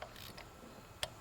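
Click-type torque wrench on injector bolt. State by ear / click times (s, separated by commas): torque reached / 1.0 s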